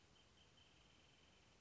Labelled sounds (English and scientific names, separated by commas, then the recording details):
Wrentit (Chamaea fasciata)
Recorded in Sonoma County, California